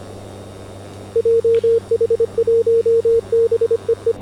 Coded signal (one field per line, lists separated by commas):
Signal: Morse code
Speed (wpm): 25 wpm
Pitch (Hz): 460 Hz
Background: radio noise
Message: JH1BEE